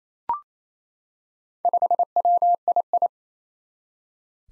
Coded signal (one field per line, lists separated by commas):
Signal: Morse code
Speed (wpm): 27 wpm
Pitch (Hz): 700 Hz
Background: none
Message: 5WII